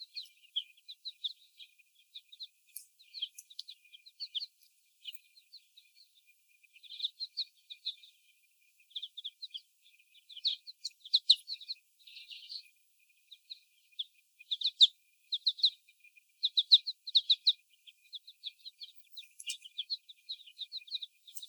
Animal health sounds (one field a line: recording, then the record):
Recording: young laying hens in a cage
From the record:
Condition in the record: before the stressor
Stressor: sudden umbrella opening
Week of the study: 1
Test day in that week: 1